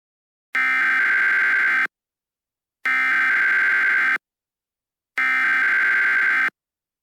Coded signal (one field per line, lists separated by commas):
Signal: Emergency Alert System (SAME) tones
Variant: header bursts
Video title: Mega Murderers on the loose An EAS Scenario